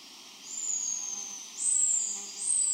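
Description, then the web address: Silvery-brown bare-face tamarin giving long, thin, very high whistles, each held steady then gently falling, three in a row over a steady background hum. South American rainforest. "Nature Songs S America Primates of the Rainforest Silvery-brown bare-face tamarin"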